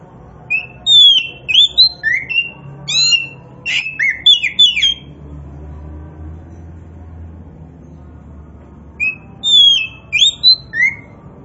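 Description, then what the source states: Oriental magpie-robin singing spaced, sharp whistled notes and short slurred phrases, a long pause, then another brief whistled run. Kacer Poci variety, described as gacor, singing actively and vigorously.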